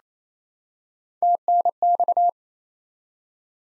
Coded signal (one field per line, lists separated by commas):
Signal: Morse code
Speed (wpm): 28 wpm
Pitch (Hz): 700 Hz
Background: none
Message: TNX